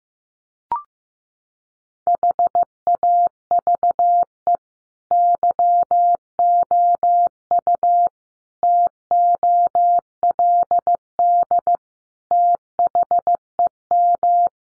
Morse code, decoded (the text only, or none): HAVE YOU TOLD THEM